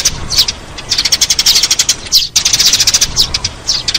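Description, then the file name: Sparrow calls as busy, high, chattering chirps, with a short pause midway. "Tieng se"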